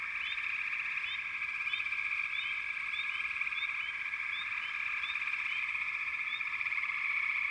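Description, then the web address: Frogs calling in chorus: a steady shrill trill with many brief upward chirps popping above it. Frog chorus recorded in the American wilds. "Enter Natures Songs Nature Sounds The Natural Sounds of the Wilderness 10 CDs collection Echoes of Nature - American Wilds Frog Chourus"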